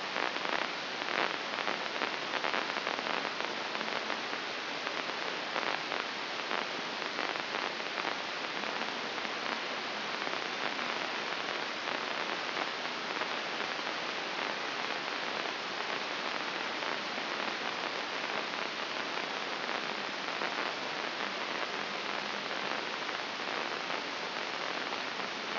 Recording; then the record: brain microelectrode recording played as sound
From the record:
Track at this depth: inside the subthalamic nucleus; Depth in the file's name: 3.625 mm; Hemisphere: left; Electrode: 2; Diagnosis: Parkinson's disease